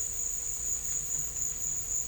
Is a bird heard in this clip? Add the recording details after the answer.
no. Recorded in dense forest near Puerto Asís, Putumayo, Colombia, on 21 December 2024 at 16:00. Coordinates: 0.484, -76.317. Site G026